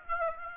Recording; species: mosquito wingbeat signal from an infrared sensor; Aedes aegypti